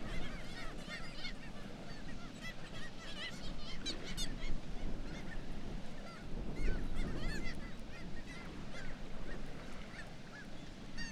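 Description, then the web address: Black-legged kittiwakes calling from a colony: many overlapping harsh, nasal calls, often in quick rising-falling phrases, over a steady low roar. "sound Black-legged-kittiwake. صدای-پرنده-کاکایی-پاسیاه"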